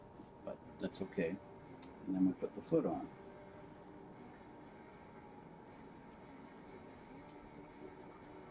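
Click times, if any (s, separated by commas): none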